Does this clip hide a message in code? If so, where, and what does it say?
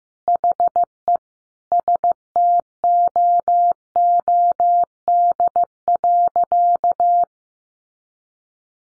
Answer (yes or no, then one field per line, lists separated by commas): yes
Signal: Morse code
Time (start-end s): 0.3-7.2 s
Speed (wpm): 15 wpm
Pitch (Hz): 700 Hz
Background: none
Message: HE STOOD.